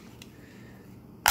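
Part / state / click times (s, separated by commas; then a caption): battery compartment door on a drone transmitter / seated / 0.2 s. The plastic battery compartment door on the RC transmitter of a Tomzon U48A flying motorcycle drone, which holds three AAA batteries, is slid back on and gives a faint, sharp click at 0.2 s as it shuts and locks into place. A much louder, broadband sharp sound follows at 1.3 s.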